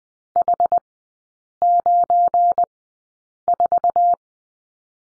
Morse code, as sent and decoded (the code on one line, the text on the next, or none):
.... ----. ....-
H94